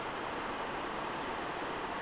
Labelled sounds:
none
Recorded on Arctic tundra, site NAIT-1, on 29 June 2018
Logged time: 01:00

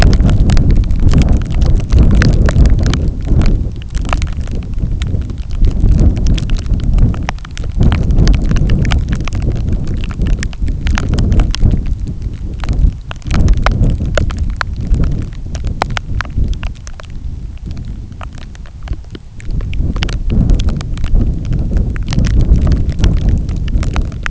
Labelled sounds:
none
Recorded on Arctic tundra, site NAIT-1, on 27 June 2019
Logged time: 00:00

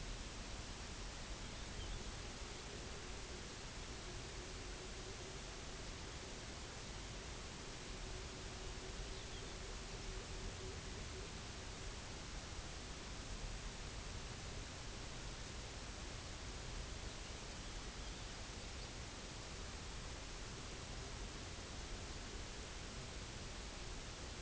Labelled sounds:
unidentified sound
Pectoral Sandpiper
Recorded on Arctic tundra, site UTQI-0, on 16 June 2019
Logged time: 12:00

